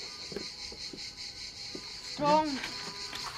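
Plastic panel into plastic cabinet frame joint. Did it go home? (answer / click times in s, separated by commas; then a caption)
no / none. A plastic panel (part B) of an outdoor storage cabinet is pushed hard into its joint on the plastic cabinet frame, meant to click into place. Low thumps and scraping sounds are heard as it is pressed, while someone talks. The panel does not snap home, and nothing has clicked yet.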